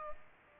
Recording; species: mosquito wingbeat signal from an infrared sensor; Aedes aegypti